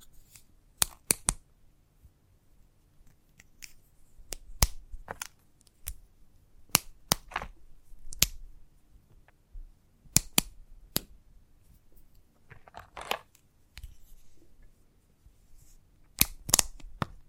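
Chalk taps sharply against a hard surface in quick clusters of two or three clicks, recurring every second or two across the clip. Between the taps come softer, brief scraping strokes, with a longer scratchy passage near the thirteen-second mark over a low, quiet hum.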